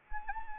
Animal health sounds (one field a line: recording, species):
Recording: mosquito wingbeat signal from an infrared sensor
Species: Anopheles arabiensis